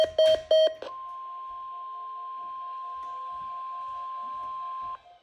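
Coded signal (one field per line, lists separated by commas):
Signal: Emergency Alert System (SAME) tones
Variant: 1050 Hz attention tone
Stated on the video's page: Required weekly EAS test with live voice, received on a Midland WR300 weather radio.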